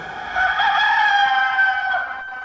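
A rooster crows once in a long, sustained call with strong harmonic bands that holds steady for about two seconds before trailing off, heard alone without any talking.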